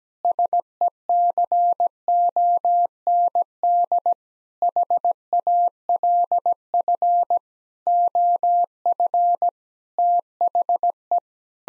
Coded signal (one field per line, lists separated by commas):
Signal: Morse code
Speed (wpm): 17 wpm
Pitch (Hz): 700 Hz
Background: none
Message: SECOND HALF OF THE